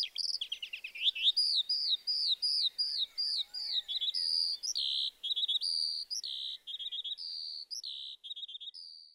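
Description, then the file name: Eurasian skylark song: a rapid run of high, arched, slurred notes, each phrase repeated several times before switching to the next. "skylark"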